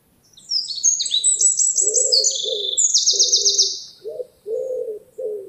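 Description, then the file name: Eurasian wren song: loud, very high, rapid trilled phrases tumbling in pitch for about three and a half seconds, with low soft cooing notes repeated beneath and continuing afterward. "Troglodytes troglodytes"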